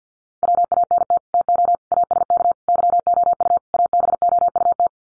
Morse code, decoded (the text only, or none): WANT TO ASK YOU ABOUT